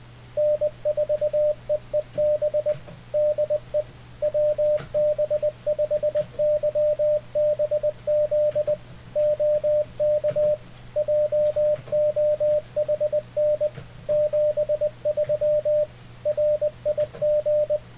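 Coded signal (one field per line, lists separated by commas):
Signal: Morse code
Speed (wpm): 20 wpm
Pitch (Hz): 600 Hz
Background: radio noise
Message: N4EEB DE WB5YBZ OK JOHN 73 RIG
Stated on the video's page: CW sent and received with an Icom IC-7300 via Ham Radio Deluxe; the other station sent at 20 wpm and the 7300 was set to 20 wpm.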